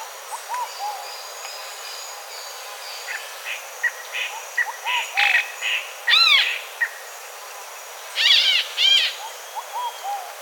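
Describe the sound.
Bird calls: a mix of short, high chirps and brief harsh notes, with louder ringing, stacked calls at around six and eight to nine seconds, over faint background hiss.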